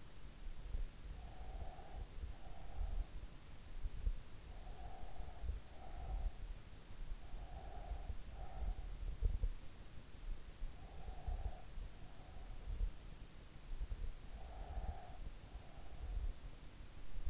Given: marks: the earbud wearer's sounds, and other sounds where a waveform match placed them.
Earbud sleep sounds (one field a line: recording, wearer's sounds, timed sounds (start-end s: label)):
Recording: sounds in sleep by an in-ear microphone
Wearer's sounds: breath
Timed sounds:
1.16-2.89 s: breath
4.39-6.32 s: breath
7.33-9.12 s: breath
10.62-12.26 s: breath
13.99-15.58 s: breath